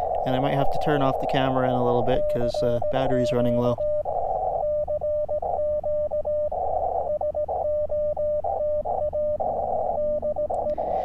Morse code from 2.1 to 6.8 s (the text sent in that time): CQ CQ